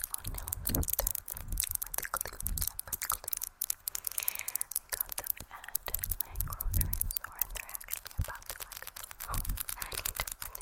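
Crisp crackling and rustling from hair being handled, dense and irregular, with quick bright ticks and soft low thumps throughout.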